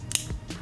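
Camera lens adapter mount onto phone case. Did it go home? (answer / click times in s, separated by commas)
yes / 0.2 s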